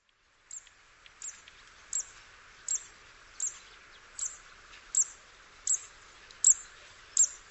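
Bird calls: high, brief chirps repeated regularly about every three-quarters of a second, growing a little louder, against a soft constant hiss.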